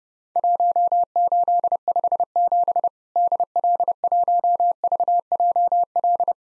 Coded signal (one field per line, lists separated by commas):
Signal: Morse code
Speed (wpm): 30 wpm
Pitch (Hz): 700 Hz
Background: none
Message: 1857 DL1VJL